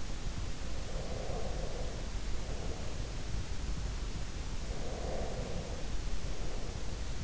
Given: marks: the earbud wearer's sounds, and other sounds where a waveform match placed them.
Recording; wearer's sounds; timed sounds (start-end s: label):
sounds in sleep by an in-ear microphone; breath
0.94-3.54 s: breath
4.84-7.24 s: breath